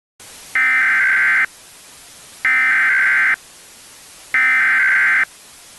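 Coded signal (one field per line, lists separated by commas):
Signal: Emergency Alert System (SAME) tones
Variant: header bursts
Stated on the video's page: Fictional weather disaster scenario with valid EAS tones.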